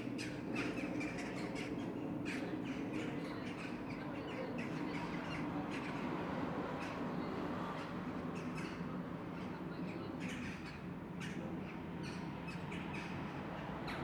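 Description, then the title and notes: Corvid chatter, a dense run of rough squawking calls, irregular and overlapping, over a constant rumble of traffic. Flocking corvids around sunset about a suburban park, recorded standing outside a front door, dated 141115; their chatter caught only fragmentarily, with traffic. "ｐａｔｚｒ ｒａｄｉｏ ｔｗｅｎｔｙ－ ｔｈｒｅｅ. i pursued flocking corvids about the park around sunset. only caught their chatter at its most fragmentary really"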